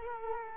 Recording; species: mosquito wingbeat signal from an infrared sensor; Culex quinquefasciatus